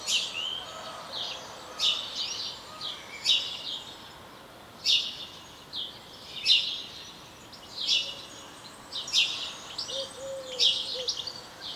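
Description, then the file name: House sparrow chirps repeated every second or two, bright and harsh, mixed with a steady chorus of similar chirping and a faint low tone. "Passer domesticus"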